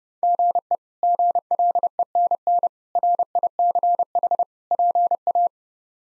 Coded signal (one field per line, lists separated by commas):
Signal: Morse code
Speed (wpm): 30 wpm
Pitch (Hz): 700 Hz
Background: none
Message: GE GLENN RICH PA